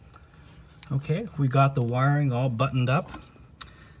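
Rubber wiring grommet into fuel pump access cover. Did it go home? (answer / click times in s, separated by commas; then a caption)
yes / 3.6 s. On a 1996 Volvo 850 Turbo Wagon during fuel pump module replacement, a rubber insulating grommet on the fuel pump wiring, newly wrapped in tape, is pressed back into its mount in the fuel pump access cover while someone talks. A sharp single tick is heard at 3.6 s as the grommet snaps back into place, fully seated.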